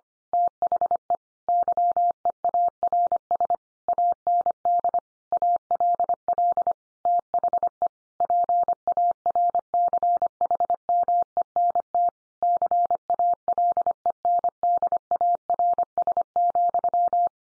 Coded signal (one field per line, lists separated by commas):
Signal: Morse code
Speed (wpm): 25 wpm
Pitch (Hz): 700 Hz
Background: none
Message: THE YEARS AND ALL THE PARCHMENT CALENDARS,